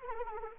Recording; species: mosquito wingbeat signal from an infrared sensor; Anopheles arabiensis